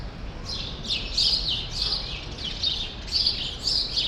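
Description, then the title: Sparrows trading loud chirps, sharp calls arriving in quick bursts, with a gentle low rumble below. Sparrows still present in a small remaining part of a once large grove, Rue Saint-Jean Népomucène, Brussels, Belgium; recorded with Earsight V2 AB microphones into a Zoom F3. "Rue Saint-Jean Népomucène 13, 1000 Bruxelles, Belgique - Sparrows - Moineaux"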